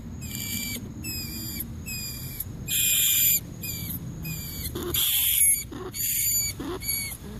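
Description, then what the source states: Rat squeaks: repeated high, slightly falling notes, interrupted by loud scratchy squeals, with constant low-pitched background noise. Squeaking for help, calling to the group.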